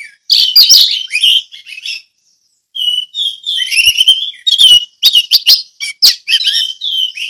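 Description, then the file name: Orange-headed thrush song, nearly continuous rich warbling with sliding whistles and quick chattering notes, broken by one short pause. Song in the ngeplong style. "anis merah ngeplong"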